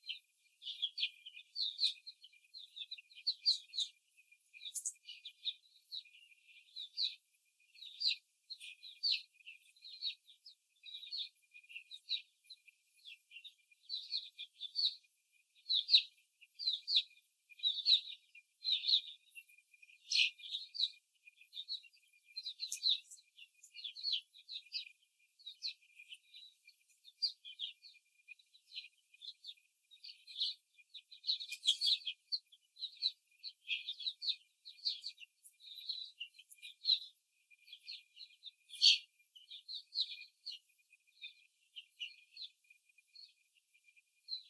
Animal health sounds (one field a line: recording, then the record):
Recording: young laying hens in a cage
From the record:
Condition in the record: before the stressor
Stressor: simulated dog barking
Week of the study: 3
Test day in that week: 2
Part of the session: 3